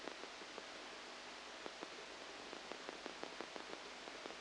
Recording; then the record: brain microelectrode recording played as sound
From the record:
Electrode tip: outside the subthalamic nucleus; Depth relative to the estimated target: -8 mm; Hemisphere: left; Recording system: NeuroSet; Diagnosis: Parkinson's disease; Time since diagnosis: 8 years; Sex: male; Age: 37 years